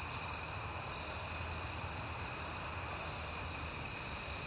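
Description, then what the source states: Crickets sing a steady high chorus over a low rumble. Recorded at night in September on a peaceful night; crickets heard often that month.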